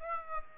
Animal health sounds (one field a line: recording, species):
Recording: mosquito wingbeat signal from an infrared sensor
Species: Aedes aegypti